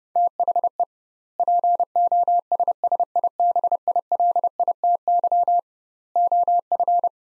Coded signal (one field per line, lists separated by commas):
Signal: Morse code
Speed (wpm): 32 wpm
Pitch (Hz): 700 Hz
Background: none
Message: THE POSSIBILITY OF